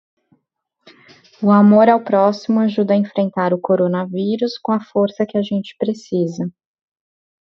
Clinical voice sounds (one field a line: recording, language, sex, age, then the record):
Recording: spoken sentence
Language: Brazilian Portuguese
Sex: female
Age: 40 to 49 years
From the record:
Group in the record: control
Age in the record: 41 years